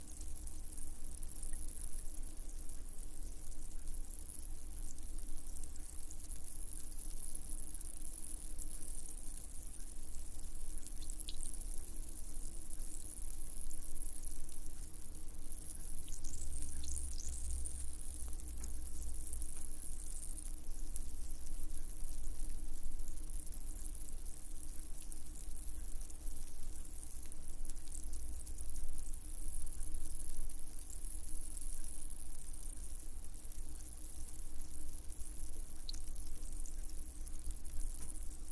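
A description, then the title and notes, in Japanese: Carbonated water fizzes steadily, a dense, bright hiss of tiny popping bubbles that holds level for the whole clip. A low, constant hum sits underneath, and a few faint, brief squeaks or clicks surface around the 11 and 17 second marks. (ASMR)炭酸水で眠る30分。ホワイトノイズよりの音となります。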